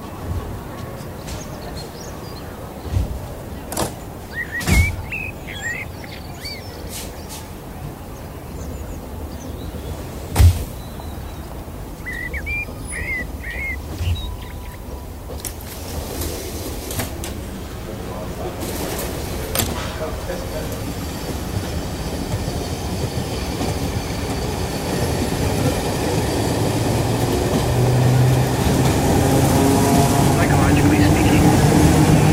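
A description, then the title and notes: Morning on board a train: a steady low rumble of wheels and carriage runs throughout, growing louder and rougher after about 20 seconds. Sharp clacks and knocks punctuate it, and brief chirping bird-like calls appear around 5 and 13 seconds. Life on a train in the morning.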